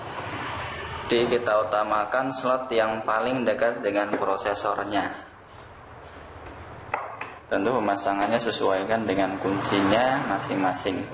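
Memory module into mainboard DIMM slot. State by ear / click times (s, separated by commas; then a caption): seated / 6.9 s, 7.2 s. A memory module is pressed into the mainboard DIMM slot nearest the processor, and its side retention clips snap shut with two sharp clicks at 6.9 and 7.2 seconds, seating the module. Someone talks before and after the clicks.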